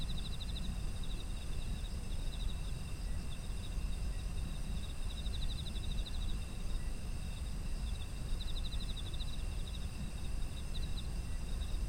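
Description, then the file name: Insect chorus with repeated pulsed trills spread throughout, over unbroken high shrill tones and a persistent low rumble. Autumn insects, ambient environmental sound. "秋の虫の環境音"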